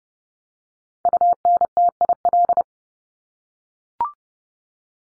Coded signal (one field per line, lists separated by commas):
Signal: Morse code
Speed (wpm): 30 wpm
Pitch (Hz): 700 Hz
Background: none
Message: UNTIL